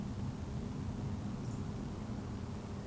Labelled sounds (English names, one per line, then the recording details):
Eurasian Woodcock whistle
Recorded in Baden-Württemberg, Germany, on 24 June 2020 at 20:14 UTC
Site 14569, 102 m above sea level